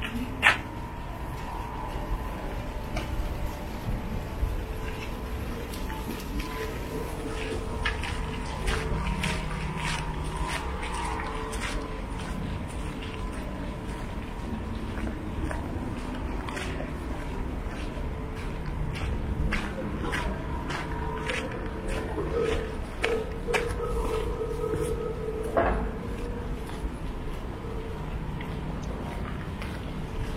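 Walking along a busy city street, with a constant low rumble of traffic and crowd filling the whole half minute. Sharp clicks and knocks pop up frequently, likely footsteps and passing objects, with a few louder bangs near the start and around 26 seconds. Faint tones and voices drift through the background.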